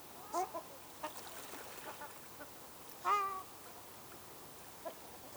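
Ruddy shelduck calls, a few short nasal honks scattered through quiet background, one louder drawn-out honk near the middle.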